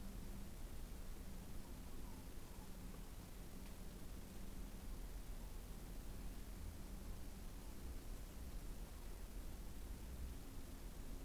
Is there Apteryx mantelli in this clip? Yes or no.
no